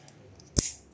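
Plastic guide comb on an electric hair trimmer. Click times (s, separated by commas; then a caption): 0.6 s. A plastic guide comb is fitted onto a Powertec TR 6900 electric hair trimmer, and its rear tab is pressed until it snaps in. A sharp click at 0.6 s marks the comb seating, with fainter ticks around it against quiet background.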